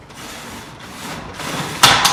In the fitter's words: got the lock there I think I'm locked in to plate